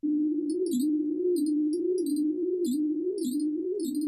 When there was a tinkling, that's when there was an extra long amount of time between heartbeats. The same kind of sonification, but for somebody who has sleep apnea that clearly sounds very different than that healthy one.